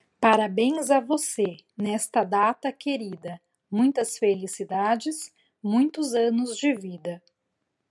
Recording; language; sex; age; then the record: short text; Brazilian Portuguese; female; 40 to 49 years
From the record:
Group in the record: control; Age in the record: 40 years